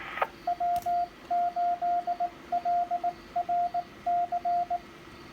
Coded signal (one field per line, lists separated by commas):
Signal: Morse code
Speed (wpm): 18 wpm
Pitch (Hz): 700 Hz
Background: radio noise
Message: W8LRC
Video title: W8LRC Repeater KD8QIJ KD8OHS EN73 to EN41 2 meter FM